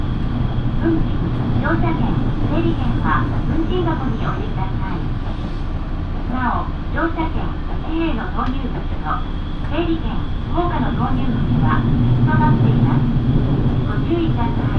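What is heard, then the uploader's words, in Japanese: A local train on the Minobu Line rumbles along with a steady, heavy low drone that swells slightly toward the end. Voices talk over it throughout, in short bursts of speech, while a faint high whine hangs above the running noise. 身延線 富士→芝川。身延線を各駅停車で乗り通します。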